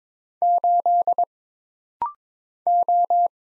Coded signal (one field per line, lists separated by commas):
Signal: Morse code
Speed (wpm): 23 wpm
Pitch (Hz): 700 Hz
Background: none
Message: 8 O